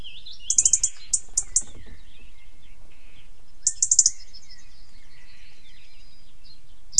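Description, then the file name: European robin producing clusters of sharp, very high ticks at intervals. "Erithacus rubecula"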